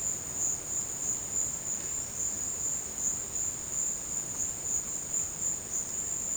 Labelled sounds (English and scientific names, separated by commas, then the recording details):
none
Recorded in dense forest near Puerto Asís, Putumayo, Colombia, on 24 March 2025 at 14:30
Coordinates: 0.481, -76.323
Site G088